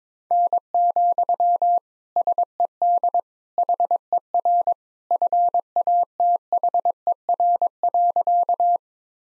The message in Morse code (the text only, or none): N, SED HER FATHER.